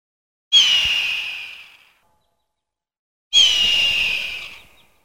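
Hawk screaming twice, each harsh, hoarse cry starting sharply and trailing off over about a second and a half, with near silence between the two calls.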